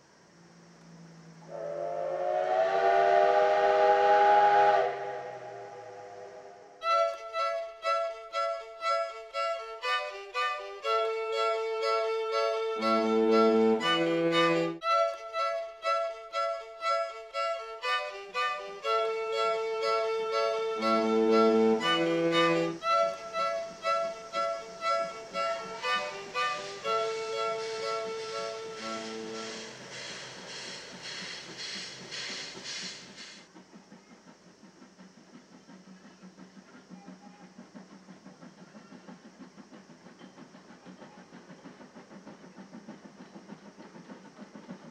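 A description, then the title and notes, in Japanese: A steam locomotive hauling a passenger train sounds a loud, wailing steam whistle in the opening seconds. A fast, regular pulsing with bright ringing tones follows for about twenty-five seconds, then fades, leaving a low, steady rumble of the train moving on. JR只見線を走るC11 325牽引の「SL会津只見号」。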